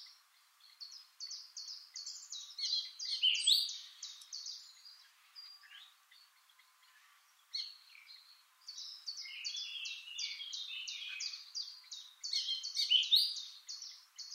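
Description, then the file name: Eurasian blackcap singing two bursts of quick, jumbled warbling that open with rapid high ticking notes, separated by a few quieter seconds. "Sylvia atricapilla"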